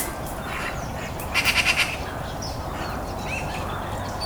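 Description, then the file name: Eurasian magpie making one short, harsh burst of about five rapid chattering notes, followed by quiet background hiss and faint low rumble. "Pica pica"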